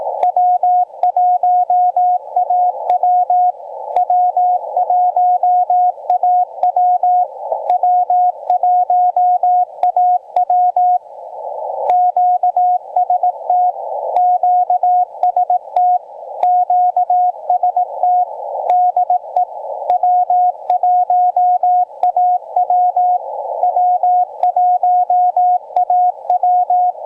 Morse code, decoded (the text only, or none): W1AW W1AW W1AW QST QST QST DE W1AW W1AW